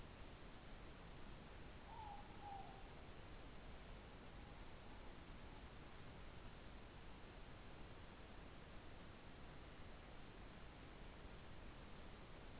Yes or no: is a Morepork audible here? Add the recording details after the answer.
yes. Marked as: faintness 2/5, faintness 5/5. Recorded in New Zealand. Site Taranaki